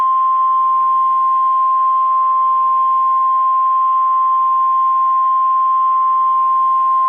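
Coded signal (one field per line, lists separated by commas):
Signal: Emergency Alert System (SAME) tones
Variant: 1050 Hz attention tone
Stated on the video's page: Fictional EAS scenario.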